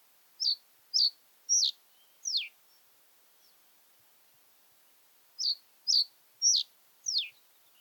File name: common reed bunting - emberiza schoeniclus